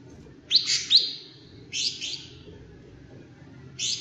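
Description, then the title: Leafbird song: bright chattering two-part phrases separated by pauses, over a steady low rumble. "CUCAK IJO"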